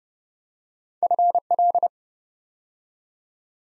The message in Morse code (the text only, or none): FL